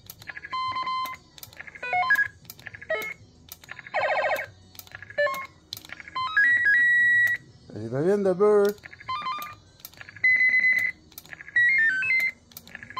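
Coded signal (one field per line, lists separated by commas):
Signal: roger beep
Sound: series of short electronic beep melodies and chirps, one after another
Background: brief voice-like sound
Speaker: Je pense je suis en train de faire le tour. Fait que là ça c'était la démonstration des Roger Bip.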